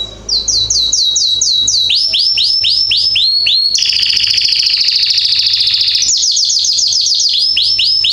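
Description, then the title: Belgian canary song: rapid series of repeated downslurred notes, then a dense buzzy trill, then more fast repeated sweeping phrases, all loud and continuous. Male singing a lot and very strongly; meant to warm up young birds. "Esquente Seu Filhote E Canario Belga Macho Cantando Muito"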